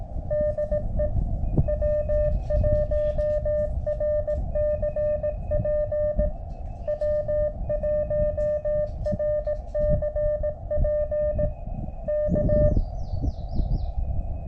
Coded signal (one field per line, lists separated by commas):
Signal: Morse code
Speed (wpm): 18 wpm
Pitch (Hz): 600 Hz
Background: none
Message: DE W1RCP W1RCP K